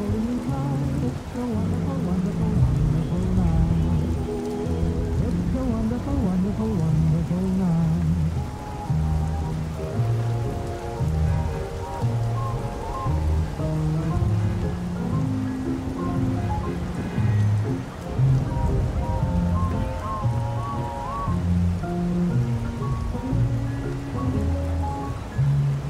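Oldies music plays from another room with traffic noise coming through an open window. A steady rushing hiss runs through the whole clip, carrying a muffled melody of held notes over a strong low bass line. The level stays even from start to finish.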